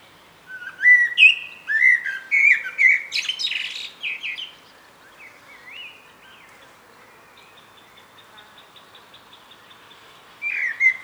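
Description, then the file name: Common blackbird song: a series of clear fluty notes leading into a buzzy, high twitter, followed by a quieter warble and a brief final phrase after a pause. "Turdus merula"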